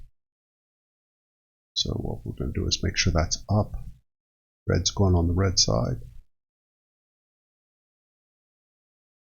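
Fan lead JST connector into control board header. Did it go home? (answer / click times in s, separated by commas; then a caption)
no / none. Someone talks while lining up a small plastic JST connector on a fan lead, latch tab up and red wire on the red side, before pushing it into the header on a printer control board. Speech comes in two bursts, from about 1.7 to 4.0 seconds and from 4.7 to 6.3 seconds, with silence around them. Nothing has seated or clicked yet.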